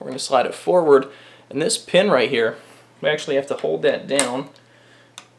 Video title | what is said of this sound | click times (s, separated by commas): Lee-Enfield No. 4 Mk. 1 Initial Review | you'll hear the difference in sound there when I brought it forward there's that little click | 5.2 s